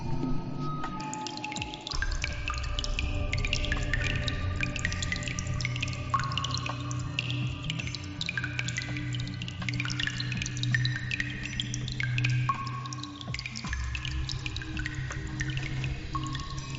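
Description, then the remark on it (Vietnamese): Water drips steadily in a limestone cave full of oddly shaped stalactites, with many small plinks at varying pitches falling in an irregular rhythm over a constant low, rumbling drone. “Ở đây còn có tiếng nước nhỏ giọt và đủ loại thạch nhũ hình thù kỳ quái.”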